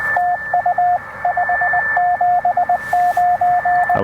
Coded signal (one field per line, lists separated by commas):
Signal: Morse code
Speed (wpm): 20 wpm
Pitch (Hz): 690 Hz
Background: radio noise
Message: TU 579